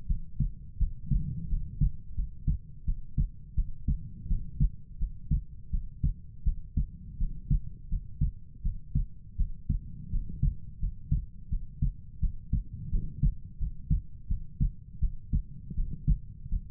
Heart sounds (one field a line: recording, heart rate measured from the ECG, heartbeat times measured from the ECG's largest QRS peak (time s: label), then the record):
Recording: heart sounds by stethoscope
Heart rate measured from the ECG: 84 bpm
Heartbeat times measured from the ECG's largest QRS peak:
0.06 s: heartbeat
0.78 s: heartbeat
1.48 s: heartbeat
2.15 s: heartbeat
2.84 s: heartbeat
3.54 s: heartbeat
4.27 s: heartbeat
4.98 s: heartbeat
5.70 s: heartbeat
6.43 s: heartbeat
7.17 s: heartbeat
7.88 s: heartbeat
8.62 s: heartbeat
9.36 s: heartbeat
10.10 s: heartbeat
10.79 s: heartbeat
11.49 s: heartbeat
12.19 s: heartbeat
12.90 s: heartbeat
13.58 s: heartbeat
14.27 s: heartbeat
14.99 s: heartbeat
15.74 s: heartbeat
16.48 s: heartbeat
From the record:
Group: healthy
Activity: cold pressor test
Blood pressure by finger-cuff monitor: 74/54 mmHg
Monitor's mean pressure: 62 mmHg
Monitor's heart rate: 85 bpm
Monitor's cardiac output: 6.5 L/min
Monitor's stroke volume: 77 mL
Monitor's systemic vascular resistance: 670 dyn s/cm5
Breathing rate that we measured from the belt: 21 breaths a minute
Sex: female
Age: 19 years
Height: 163 cm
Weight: 48.9 kg